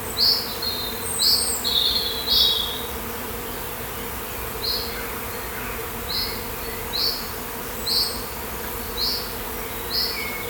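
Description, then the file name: Bee: steady droning hum of bees, overlaid by quick high bird chirps, a cluster at first, then single notes about once a second. "Beeswav"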